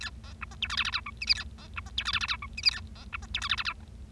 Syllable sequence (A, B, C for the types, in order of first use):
A B C D E F G G H I J K A B C D E F G G H I J K A B C D E F G G H